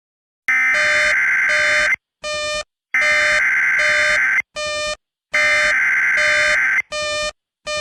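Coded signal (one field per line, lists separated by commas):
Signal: Emergency Alert System (SAME) tones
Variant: header bursts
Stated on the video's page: Fictional EAS scenario.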